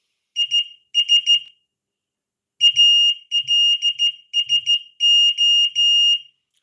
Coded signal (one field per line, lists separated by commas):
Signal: Morse code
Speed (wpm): 14 wpm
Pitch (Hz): 2850 Hz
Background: none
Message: IS ALSO